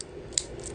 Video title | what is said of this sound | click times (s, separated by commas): Watch Wednesday - 4/8 | Once you hear that click, you know that watch is on your wrist. | 0.4 s